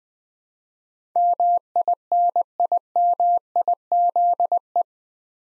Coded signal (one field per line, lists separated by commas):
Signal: Morse code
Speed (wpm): 20 wpm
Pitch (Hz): 700 Hz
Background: none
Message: MINIMIZE